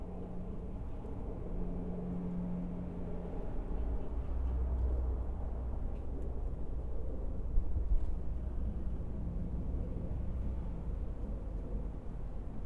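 A steady low rumble of passing traffic fills the whole stretch, with a deeper engine drone swelling in around four seconds and holding to the end. An earlier mid hum fades after three seconds, and a faint knock sounds near eight seconds.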